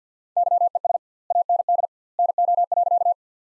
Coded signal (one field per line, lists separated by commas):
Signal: Morse code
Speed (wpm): 50 wpm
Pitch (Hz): 700 Hz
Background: none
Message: YES AND NO.